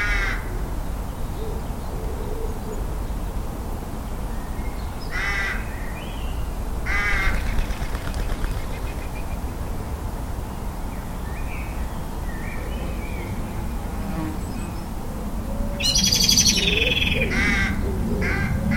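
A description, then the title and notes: A garden with crows cawing in short bursts around 5, 7 and 16 seconds over a steady low rumble and faint bird calls. Liverpool Garden April 2021. Liverpool morning rituals April 2021.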